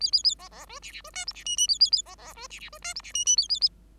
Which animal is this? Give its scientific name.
Lonchura striata domestica